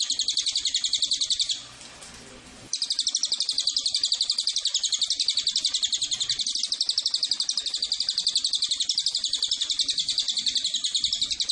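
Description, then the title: Cililin's sharp, rapid chattering notes, stopping briefly early on, then carrying on unbroken to the end. Tutor track for training cage birds and lure to attract Cililin. "MASTERAN SUARA BURUNG CILILIN PANCINGAN CILILIN"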